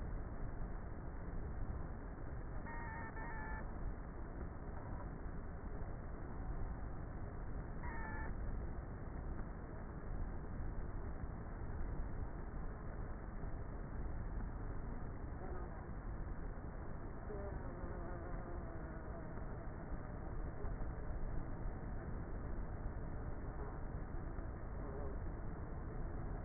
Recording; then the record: honeybee colony, microphone inside the hive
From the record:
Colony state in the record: queenless with a low population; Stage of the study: before two queens were removed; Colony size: about 30,000 bees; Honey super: no